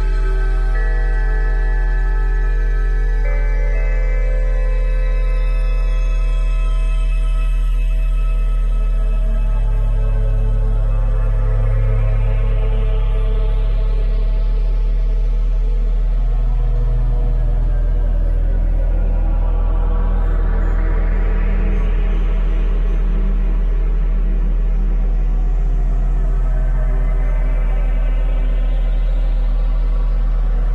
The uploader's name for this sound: 174Hz+417Hz+741Hz